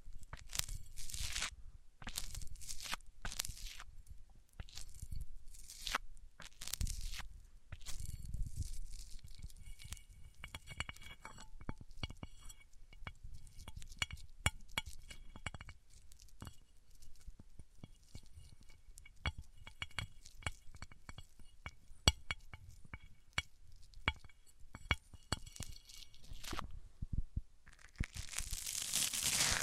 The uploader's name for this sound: Rubbing Mics On Different Surfaces